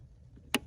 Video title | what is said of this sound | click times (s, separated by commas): YFZ450 manual idle adjustment install | is just pulling out and again you'll hear it snap out it'll stay out and tell you press | 0.5 s